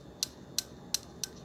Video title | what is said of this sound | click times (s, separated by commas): SIZZLERS-SHOP.CA Short Chassis Contacts installation. We sell 'em! | flexibility here and you can hear it snap on the bottom | 0.2 s, 0.6 s, 0.9 s, 1.2 s